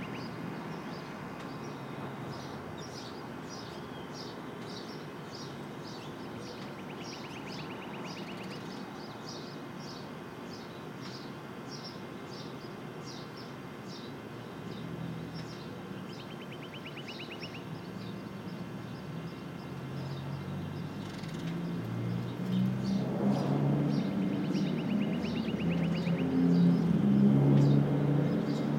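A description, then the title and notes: Brooklyn rooftop ambience: a steady low city rumble under quick, regular high chirps that tick along the whole time, with short buzzy trills at about 8, 17 and 27 seconds. From around 22 seconds a heavy vehicle rumble swells and grows louder to the end. Brooklyn, Rooftop 5 - 8-20, Some Birds by Bandeto.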